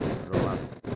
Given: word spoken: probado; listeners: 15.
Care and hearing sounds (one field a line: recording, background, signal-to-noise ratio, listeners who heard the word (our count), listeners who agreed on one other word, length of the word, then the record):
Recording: one Spanish word in noise, from a listening test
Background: noise modulated by one talker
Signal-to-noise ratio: -7.5 dB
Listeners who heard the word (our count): 0 of 15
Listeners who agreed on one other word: 10 of 15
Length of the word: 0.55 s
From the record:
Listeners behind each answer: 10, 4, 1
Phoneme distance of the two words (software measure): 34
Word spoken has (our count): 3 syllables, 7 phonemes, stress on syllable 2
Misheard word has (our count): 2 syllables, 5 phonemes, stress on syllable 2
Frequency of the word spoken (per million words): 10.51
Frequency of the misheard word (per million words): 8.13